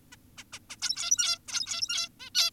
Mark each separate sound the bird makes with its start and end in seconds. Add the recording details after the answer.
0.12-0.16, 0.38-0.44, 0.53-0.59, 0.70-0.76, 0.82-1.39, 1.48-2.09, 2.20-2.30, 2.35-2.51. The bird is an adult. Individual g17y2U